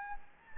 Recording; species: mosquito wingbeat signal from an infrared sensor; Anopheles gambiae